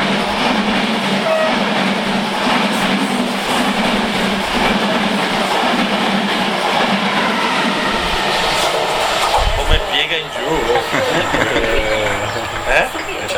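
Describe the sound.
A train rolls along the rails with a loud, steady rumble and a faint clickety-clack running underneath. Someone starts talking over the noise near the end.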